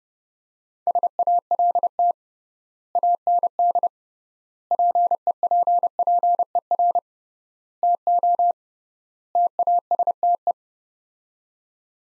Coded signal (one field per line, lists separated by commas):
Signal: Morse code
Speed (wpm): 32 wpm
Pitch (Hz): 700 Hz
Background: none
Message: SALT AND PEPPER TO TASTE